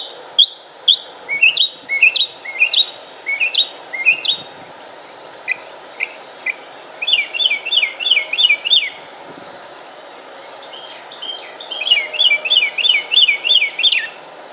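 Bird song: short, high slurred notes at first, then two longer rapid trills of repeated zigzag notes separated by a quiet gap, with a faint steady hum beneath.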